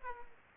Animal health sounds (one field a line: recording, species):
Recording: mosquito wingbeat signal from an infrared sensor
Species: Aedes aegypti